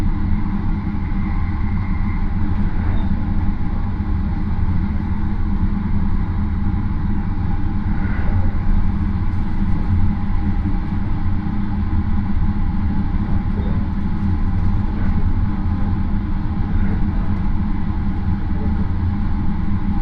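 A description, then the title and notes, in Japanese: Aboard the Marine Liner rapid train, a steady low rumble and rattle hold constant throughout, with faint brief squeals around eight and fifteen seconds. 予讃線 快速マリンライナー40号 高松→岡山。5両編成ですが、1両はグリーン＋指定で実質は4両が自由席です。日も暮れてしまった。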